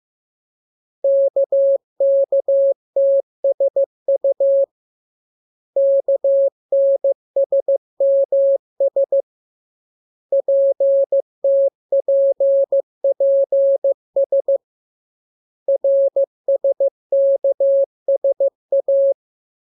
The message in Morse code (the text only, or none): KKTSU KNSMS PTPPS RSKSA